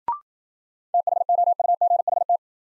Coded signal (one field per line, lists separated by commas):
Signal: Morse code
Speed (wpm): 56 wpm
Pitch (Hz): 700 Hz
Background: none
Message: THOUGHT